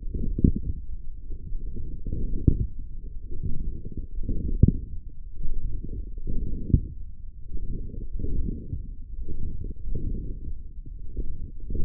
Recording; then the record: forearm muscle sounds (acoustic myography)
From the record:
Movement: forearm pronation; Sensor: system 1, eight BSWA MPA416 microphones around the upper forearm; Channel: 5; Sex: male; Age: 23 years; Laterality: right